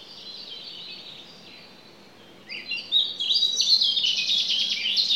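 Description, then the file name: Common chaffinch song phrase in the second half: rapid repeated bright notes, after a few seconds of softer high chirping. "Fringilla coelebs"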